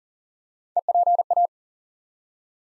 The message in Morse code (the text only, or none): EPA